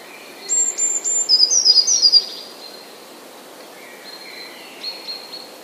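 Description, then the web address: Eurasian blue tit song, very high thin notes leading into a quick stuttering trill, followed by softer high notes. "wroblowe teka spiew. modraszkoteka"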